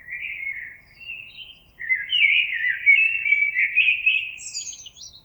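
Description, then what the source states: Common blackbird song: a short fluted opening, a pause, then a long rich warbling phrase ending in a high squeaky twitter. Recorded 26 April 2022.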